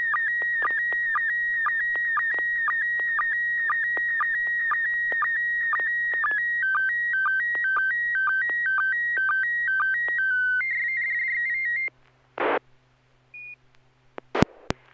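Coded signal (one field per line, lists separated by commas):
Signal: SSTV (slow-scan television)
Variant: PD120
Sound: warbling tones stepping between two pitches, short low blips twice a second, then static bursts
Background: radio static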